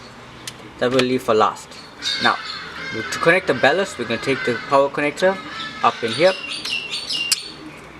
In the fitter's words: make sure it clicks there so forth for the same for the other two power connectors as well